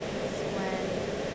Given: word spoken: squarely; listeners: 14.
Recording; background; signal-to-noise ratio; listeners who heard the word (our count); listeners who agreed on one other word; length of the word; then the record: one English word in noise, from a listening test; speech-shaped noise; -5.9 dB; 1 of 14; 6 of 14; 0.94 s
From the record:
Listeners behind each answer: 6, 4, 2, 1, 1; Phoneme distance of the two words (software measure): 14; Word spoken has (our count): 2 syllables, 6 phonemes, stress on syllable 1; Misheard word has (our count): 1 syllable, 4 phonemes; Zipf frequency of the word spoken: 2.89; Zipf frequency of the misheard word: 4.78